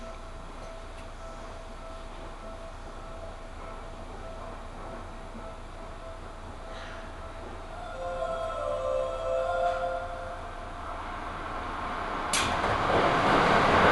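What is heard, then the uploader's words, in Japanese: A ride on a Seibu Ikebukuro Line local train between Ikebukuro and Kiyose, with a steady low rumble and faint tones humming through the cabin. Around eight seconds a whining pitch rises and the sound swells, and after twelve seconds a sharp jolt brings a louder, rougher roar. 西武池袋線普通 池袋→清瀬。最初に乗ったのは普通列車の小手指行きで。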